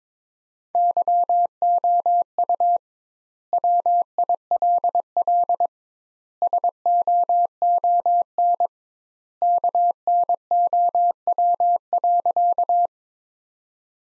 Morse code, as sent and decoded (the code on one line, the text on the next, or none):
-.-- --- ..- / .-- .. .-.. .-.. / ... --- --- -. / -.- -. --- .-- .-.-.-
YOU WILL SOON KNOW.